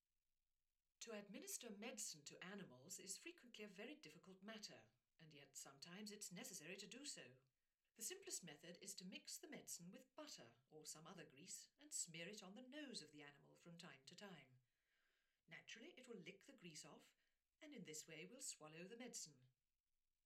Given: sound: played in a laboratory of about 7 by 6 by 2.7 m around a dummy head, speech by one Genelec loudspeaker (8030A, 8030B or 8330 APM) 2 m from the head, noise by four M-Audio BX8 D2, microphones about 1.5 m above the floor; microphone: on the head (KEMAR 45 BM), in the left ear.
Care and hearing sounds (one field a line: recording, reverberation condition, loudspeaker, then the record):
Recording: female speech in English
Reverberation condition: low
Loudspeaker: 30 degrees to the left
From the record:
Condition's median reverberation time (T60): about 310 ms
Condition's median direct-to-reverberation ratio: about 3.5 dB